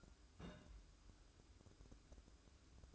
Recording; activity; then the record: daily activity, microphone in the room; place on stove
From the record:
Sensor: 2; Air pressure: 1007.8 hPa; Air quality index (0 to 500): 100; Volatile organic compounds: 1 ppm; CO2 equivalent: 757 ppm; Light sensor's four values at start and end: 7/15/6/6 and 7/15/6/6